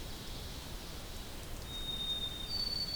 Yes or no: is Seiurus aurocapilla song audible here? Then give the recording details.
no. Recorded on 2 June 2016 at 06:23. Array SBT-3-7